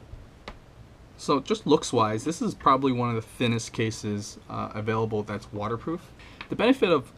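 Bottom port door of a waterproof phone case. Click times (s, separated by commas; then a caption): 0.5 s. The bottom port door of a Lifeproof Nuud plastic waterproof case for the iPhone 5s, after its clamps are pressed closed, is pushed back in and clicks shut at 0.5 s, a short sharp snap. It is seated, and then someone talks for the rest of the clip.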